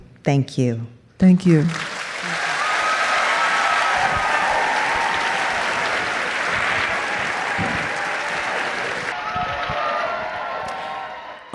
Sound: applause

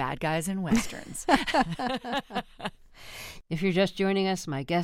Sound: laughter

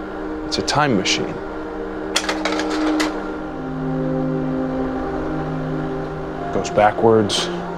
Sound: soundbite of projector

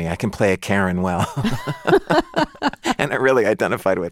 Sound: laughter

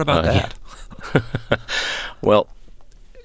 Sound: soundbite of laughter

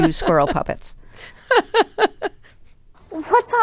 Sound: laughter

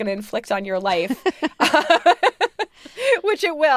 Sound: laughter

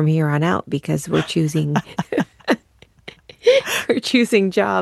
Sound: laughter

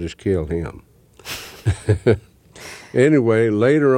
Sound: soundbite of laughter

